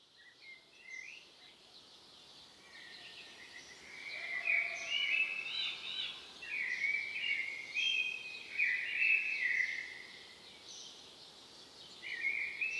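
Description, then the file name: Common blackbird singing a run of rich, mellow fluted phrases mixed with high squeaky twitters, the phrases closely spaced, then another begins at the end; light hiss behind. "Turdus merula"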